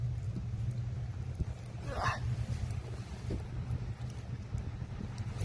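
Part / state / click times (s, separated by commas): fuel pump wiring connector into diesel heater harness plug / not seated / none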